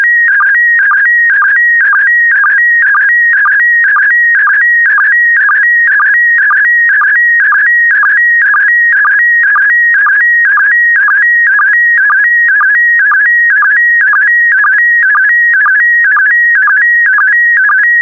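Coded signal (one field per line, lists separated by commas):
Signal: SSTV (slow-scan television)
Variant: PD120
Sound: steady repeating warbling tone with short low blips about twice a second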